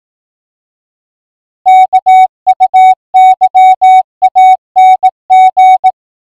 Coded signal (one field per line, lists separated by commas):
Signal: Morse code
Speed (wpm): 18 wpm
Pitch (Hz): 750 Hz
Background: music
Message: KUYANG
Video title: GME TX670 UHF CB 2 Watt Handheld Radio